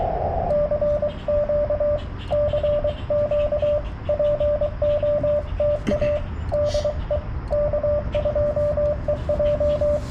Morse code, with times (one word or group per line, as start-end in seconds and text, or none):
0.5-2.0 CQ
2.3-3.8 CQ
4.1-6.2 POTA
6.5-7.2 DE
7.5-10.0 K2EJ